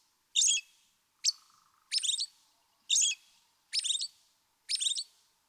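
American robin singing: six short phrases given roughly once a second.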